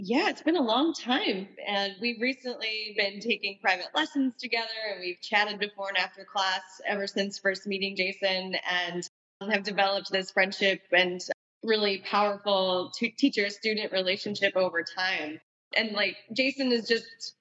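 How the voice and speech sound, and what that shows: One adult woman speaks fluently in a clear voice at an ordinary conversational pace: typical speech.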